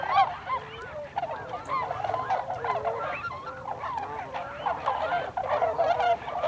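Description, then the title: Tundra swan chorus of many soft, wavering hoots and short honks, constant and overlapping, with a few sharper calls near the start. Recorded 26 December 2020. "2020-12-26-Tundra-Swans"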